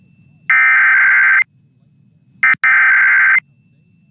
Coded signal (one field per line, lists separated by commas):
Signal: Emergency Alert System (SAME) tones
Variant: header bursts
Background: speech